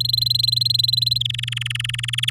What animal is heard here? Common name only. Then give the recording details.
Domestic Canary. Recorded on 11 May 2018 at 08:15. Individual llb16